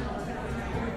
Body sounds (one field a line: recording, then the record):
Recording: background sound without coughing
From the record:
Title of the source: 60 minutes of coffee shop sounds for study and concentration